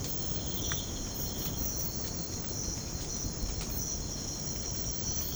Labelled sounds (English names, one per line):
none